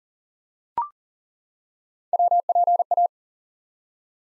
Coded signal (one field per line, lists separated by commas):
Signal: Morse code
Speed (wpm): 39 wpm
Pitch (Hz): 700 Hz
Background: none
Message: WPA